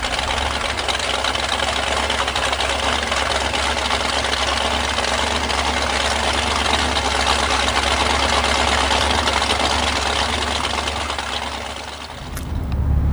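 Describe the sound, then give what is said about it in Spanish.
The engine of an amphibious car idles steadily with a loud, continuous rumble and a faint knocking texture, dipping briefly near the end. No one speaks. “Se trata de un automóvil anfibio para sumergirme en el océano de las historias.”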